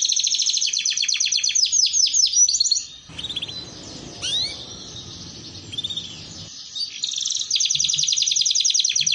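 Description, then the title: Canary trilling rapidly at the start and end; in between, noisy background sound with a few faint whistled notes. Belgian canary song used to warm up canaries and as a model for young canaries learning to sing. "Canto Para Esquentar Canário Belga. Terapi Pancingan Suara Kenari Gacor || Masteran Kenari Paud Belajar Bunyi"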